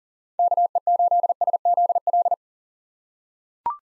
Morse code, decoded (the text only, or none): KE8SZL